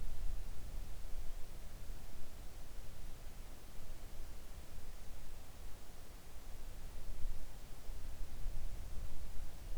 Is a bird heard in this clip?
no